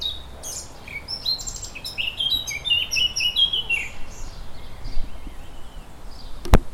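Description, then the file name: Eurasian Blackcap singing a hurried, jumbled warble of clear whistled and slurred notes that fade out, followed by a single sharp click near the end. "Sylvia atricapilla"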